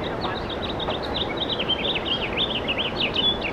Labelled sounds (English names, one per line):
House Finch song